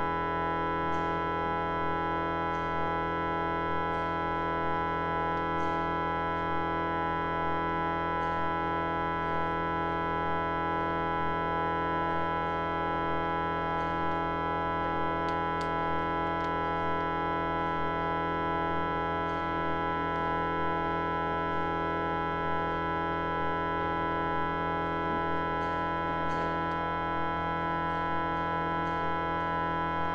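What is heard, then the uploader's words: A church organ being tuned holds one dense, unchanging chord for the full thirty seconds, with many steady pitches stacked from deep bass to bright upper notes. Faint small ticks and clicks come through irregularly, a few every several seconds. Temppeliaukio Church organ tuning [field recording]. A recording made inside the church in a rock in Helsinki (Temppeliaukio). The big church organ is being tuned.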